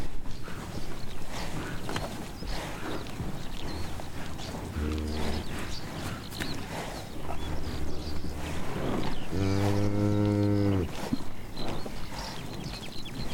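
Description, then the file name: Cattle lowing: a short low moo near five seconds, then a longer, stronger harmonic moo around ten seconds, over steady outdoor rumble. Meadow with grazing cattle. "ATMO Wiese mit Weidetieren Rinder"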